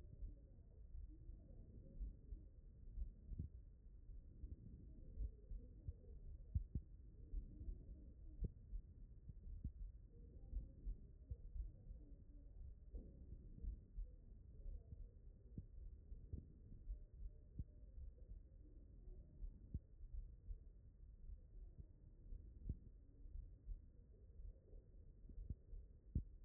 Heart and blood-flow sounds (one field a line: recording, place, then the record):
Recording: heart sounds by stethoscope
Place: mitral valve (MV)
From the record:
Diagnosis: non-HFrEF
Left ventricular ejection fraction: 46%